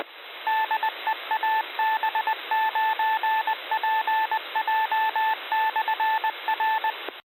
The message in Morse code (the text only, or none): DE AB9PJ/R